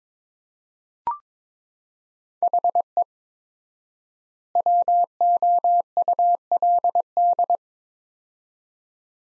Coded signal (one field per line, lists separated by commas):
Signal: Morse code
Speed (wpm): 22 wpm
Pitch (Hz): 700 Hz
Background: none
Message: HE WOULD